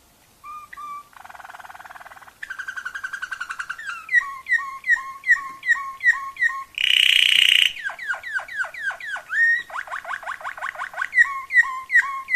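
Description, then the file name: Waterslager canary song: varied phrases of buzzy trills, repeated bubbling water-like whistled notes, and a brief loud harsh burst, changing tours every second or two. Waterslager canary song variations. "kenari waterslager variasi omkicau"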